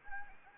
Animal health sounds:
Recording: mosquito wingbeat signal from an infrared sensor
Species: Anopheles arabiensis

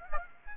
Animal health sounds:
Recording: mosquito wingbeat signal from an infrared sensor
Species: Aedes aegypti

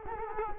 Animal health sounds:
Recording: mosquito wingbeat signal from an infrared sensor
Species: Culex quinquefasciatus

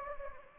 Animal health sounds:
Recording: mosquito wingbeat signal from an infrared sensor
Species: Anopheles gambiae

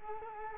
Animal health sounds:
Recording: mosquito wingbeat signal from an infrared sensor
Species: Culex quinquefasciatus

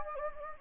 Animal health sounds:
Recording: mosquito wingbeat signal from an infrared sensor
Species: Anopheles gambiae

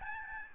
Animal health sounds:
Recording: mosquito wingbeat signal from an infrared sensor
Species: Aedes albopictus

